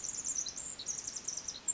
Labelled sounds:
Pacific Wren
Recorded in Sonoma County, California

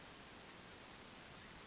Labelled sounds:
Western Flycatcher
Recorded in Sonoma County, California

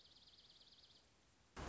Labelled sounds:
Dark-eyed Junco
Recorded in Sonoma County, California

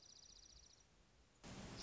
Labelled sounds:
Dark-eyed Junco
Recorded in Sonoma County, California

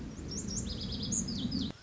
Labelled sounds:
Lazuli Bunting
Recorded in Sonoma County, California

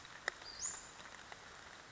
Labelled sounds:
Western Flycatcher
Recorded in Sonoma County, California

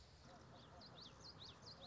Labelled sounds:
Common Yellowthroat
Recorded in Sonoma County, California

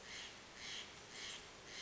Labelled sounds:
Steller's Jay
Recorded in Sonoma County, California

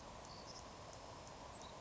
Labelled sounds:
Savannah Sparrow
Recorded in Sonoma County, California

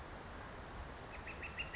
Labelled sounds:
Northern Flicker
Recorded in Sonoma County, California

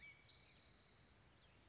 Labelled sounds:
Spotted Towhee
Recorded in Sonoma County, California

